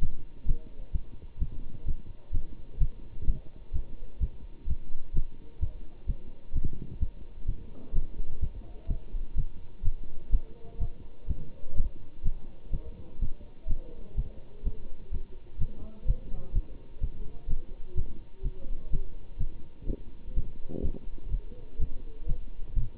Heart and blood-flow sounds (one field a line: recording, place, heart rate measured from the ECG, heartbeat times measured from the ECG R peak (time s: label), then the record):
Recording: heart sounds by stethoscope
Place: between the tricuspid and mitral areas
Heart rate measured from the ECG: 127 bpm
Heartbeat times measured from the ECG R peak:
0.45 s: heartbeat
0.92 s: heartbeat
1.38 s: heartbeat
1.85 s: heartbeat
2.31 s: heartbeat
2.78 s: heartbeat
3.25 s: heartbeat
3.72 s: heartbeat
4.19 s: heartbeat
4.66 s: heartbeat
5.12 s: heartbeat
5.59 s: heartbeat
6.06 s: heartbeat
6.52 s: heartbeat
6.99 s: heartbeat
7.46 s: heartbeat
7.92 s: heartbeat
8.40 s: heartbeat
8.87 s: heartbeat
9.35 s: heartbeat
9.82 s: heartbeat
10.30 s: heartbeat
10.78 s: heartbeat
11.27 s: heartbeat
11.74 s: heartbeat
12.22 s: heartbeat
12.71 s: heartbeat
13.19 s: heartbeat
13.66 s: heartbeat
14.15 s: heartbeat
14.63 s: heartbeat
15.11 s: heartbeat
15.58 s: heartbeat
16.05 s: heartbeat
16.53 s: heartbeat
17.00 s: heartbeat
17.47 s: heartbeat
17.94 s: heartbeat
18.42 s: heartbeat
18.90 s: heartbeat
19.37 s: heartbeat
19.86 s: heartbeat
20.34 s: heartbeat
20.82 s: heartbeat
21.30 s: heartbeat
21.78 s: heartbeat
22.26 s: heartbeat
22.74 s: heartbeat
From the record:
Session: Bruce protocol treadmill stress test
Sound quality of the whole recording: good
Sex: male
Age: 25 years